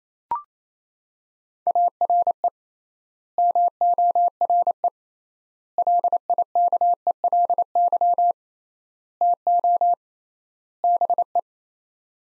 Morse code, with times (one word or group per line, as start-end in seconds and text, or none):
1.7-2.5 ARE
3.4-4.9 MORE
5.8-8.3 LIKELY
9.2-9.9 TO
10.8-11.4 BE